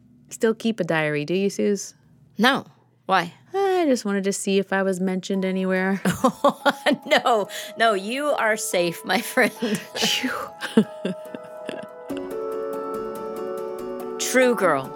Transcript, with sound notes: still keep a diary, do you Suze?
No. Why?
Oh, I just wanted to see if I was mentioned anywhere.
(laughter) You are safe, my friend.
Whew! True Girl,